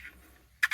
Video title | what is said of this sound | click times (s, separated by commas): Modular Arc Holster/Sheath | slides on, snaps into place. | 0.6 s